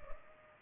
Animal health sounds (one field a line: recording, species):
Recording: mosquito wingbeat signal from an infrared sensor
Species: Culex pipiens